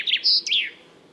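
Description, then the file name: Common chaffinch song fragment: two quick chirps, a brief high whistle, then a downward-sweeping flourish that fades out. "Fringilla coelebs"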